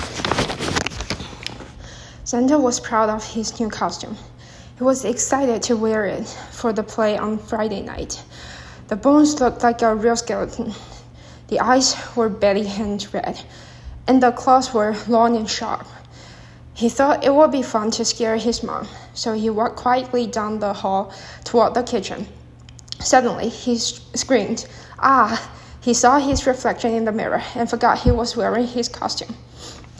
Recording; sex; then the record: reading aloud after running; female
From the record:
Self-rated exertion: moderate exertion (3 of 6); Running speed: 7 miles an hour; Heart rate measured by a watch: 123 beats a minute at the start, 121 at the end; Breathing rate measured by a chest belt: 19 breaths a minute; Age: 24 years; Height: 163 cm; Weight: 52 kg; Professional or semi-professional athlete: no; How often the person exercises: 1 to 2 times a week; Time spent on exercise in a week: under 1 hour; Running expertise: no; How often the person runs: 1 to 2 times a week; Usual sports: interval training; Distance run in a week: 5 km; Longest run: 3 km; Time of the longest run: 30 minutes